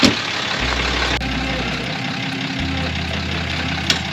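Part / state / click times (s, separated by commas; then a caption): trailer coupler onto truck hitch ball / seated / 3.9 s. A truck backs at an angle in the snow under an RV trailer's coupler, its engine idling and droning steadily throughout. At 3.9 seconds one sharp click sounds as the coupler latches onto the truck's hitch ball, and the hitch is seated, a good sign.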